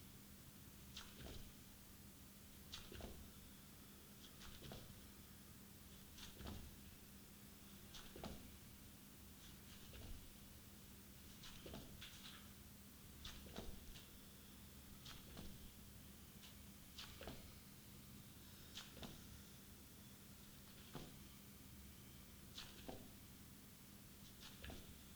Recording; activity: daily activity, guitar pickup as the sensor; jump